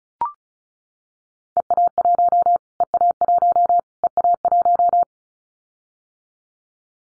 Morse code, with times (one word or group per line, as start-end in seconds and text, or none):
1.6-2.6 EA1
2.8-3.8 EA1
4.0-5.0 EA1